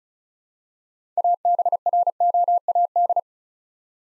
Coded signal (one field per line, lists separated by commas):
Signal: Morse code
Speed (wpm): 34 wpm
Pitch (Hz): 700 Hz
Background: none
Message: ABROAD